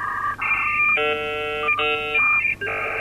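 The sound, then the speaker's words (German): A dial-up telephone modem on a PC at a landslide research station in Mainz dialing into a rock-monitoring installation on the Moselle, about 100 km away: steady electronic tones switching abruptly between pitches, with stacked buzzing harmonic chords in blocks, loud and continuous with no voices. “Wir hören gerade das Geräusch des Telefonmodems, das die Verbindung herstellt von unserem PC, der sich direkt in unserer Anlage vor Ort an der Mosel einwählt.”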